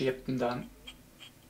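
During reassembly of an H&K USP Compact pistol, the barrel is handled after being inserted at an angle into the slide, about to be pushed back. Someone talks over faint handling noises, with a brief tick near 0.9 s. Nothing has snapped or seated yet.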